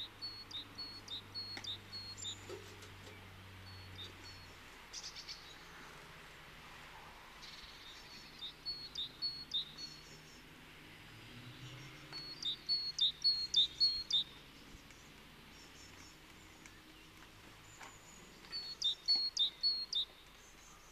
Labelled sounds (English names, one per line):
Great Tit song